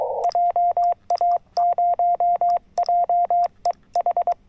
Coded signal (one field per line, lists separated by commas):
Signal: Morse code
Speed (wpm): 21 wpm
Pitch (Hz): 690 Hz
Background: radio noise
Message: JA0JEH